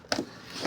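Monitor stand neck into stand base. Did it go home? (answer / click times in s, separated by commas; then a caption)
yes / 0.1 s. The two nubs on the neck of the stand for a Dell 27" Video Conferencing Monitor (P2724DEB) are fitted face-first into the two slots in the plastic and metal stand base and pushed home. A sharp, bright click sounds at 0.1 s, followed by a softer rustle near 0.65 s. The neck is latched and seated in the base.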